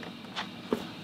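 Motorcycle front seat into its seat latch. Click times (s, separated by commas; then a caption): 0.0 s, 0.7 s. The front seat of a BMW R1250 GS HP motorcycle fitted with a PDM60 is pressed down onto its mount, passing through the seat latch in two stages. A soft first click at 0.0 s marks the first lock, and a sharper, louder click at 0.7 s marks the second. The seat is fully seated, all the way down.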